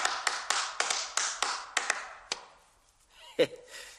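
A rhythm tapped on a matchbox held in a man's hands, as a test of sense of rhythm for another to repeat: about nine dry, crisp knocks in a quick, uneven pattern, fading out, followed by a short vocal sound near the end.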